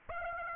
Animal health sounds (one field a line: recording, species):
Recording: mosquito wingbeat signal from an infrared sensor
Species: Aedes aegypti